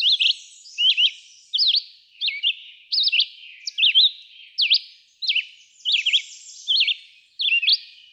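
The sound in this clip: Red-eyed vireo song: short whistled phrases, each rising or falling, repeated about every half second to second with brief pauses between.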